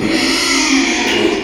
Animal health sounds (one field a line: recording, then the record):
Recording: squeal of a Yucatan mini pig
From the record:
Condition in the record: after surgery on the right vocal fold (resection and tissue-engineered implant)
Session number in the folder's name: 2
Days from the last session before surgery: 13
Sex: male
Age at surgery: 12 weeks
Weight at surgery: 13 kg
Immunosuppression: cyclosporine, prednisolone